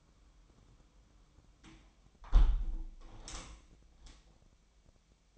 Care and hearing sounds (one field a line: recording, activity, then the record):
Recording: daily activity, microphone in the room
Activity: close window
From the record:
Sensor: 1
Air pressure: 1006.5 hPa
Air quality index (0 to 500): 209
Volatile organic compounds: 24 ppm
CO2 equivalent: 2819 ppm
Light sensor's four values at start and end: 13/33/13/15 and 12/31/12/13